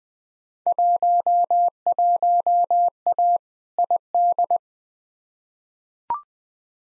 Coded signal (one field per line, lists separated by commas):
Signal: Morse code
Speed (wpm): 20 wpm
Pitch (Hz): 700 Hz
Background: none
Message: 11A ID